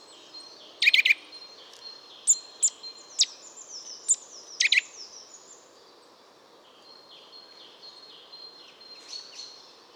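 Eurasian nuthatch calls: two short clusters of sharp, ringing notes several seconds apart, with scattered single sharp notes between them and faint high, thin notes throughout.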